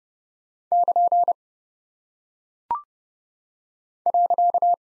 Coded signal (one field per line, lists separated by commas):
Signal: Morse code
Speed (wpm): 30 wpm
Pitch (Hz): 700 Hz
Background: none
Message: <KN> .